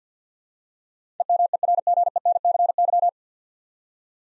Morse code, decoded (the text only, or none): EMERGENCY